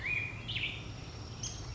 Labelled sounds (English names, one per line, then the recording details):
Black-headed Grosbeak
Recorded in Sonoma County, California